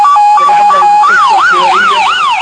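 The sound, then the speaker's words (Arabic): A loud ambulance siren, on an ambulance carrying an injured person to the nearest hospital, starts with a quick two-tone hi-lo pattern, then switches to a rapid rising-and-falling wail, repeating several cycles over a low engine rumble. “حمل على نقالة الإسعاف، ركب صاحبيه بجانبه، ركب أحد رجال الأمن معهم. اتجهت السيارة منطلقة راجعة إلى أقرب مستشفى.”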